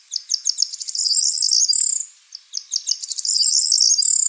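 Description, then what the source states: Corn bunting song, two bursts of dry stuttering ticks that speed up into a high jangling, glassy trill, with a short pause between phrases. Close relative of the ortolan bunting.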